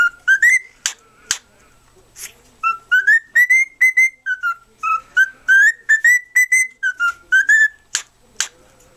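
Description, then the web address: Cockatiel whistled song: a run of short clear whistles, some rising and some level, repeated at a quick, uneven pace, with a few sharp clicks between phrases. "birds cockatiel Cockatiel. sings"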